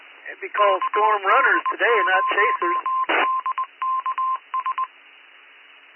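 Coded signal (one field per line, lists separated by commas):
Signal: Morse code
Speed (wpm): 20 wpm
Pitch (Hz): 1040 Hz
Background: speech, radio noise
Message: KD0DKS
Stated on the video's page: Morse ident of a repeater used by a county ARES net.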